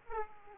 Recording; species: mosquito wingbeat signal from an infrared sensor; Aedes aegypti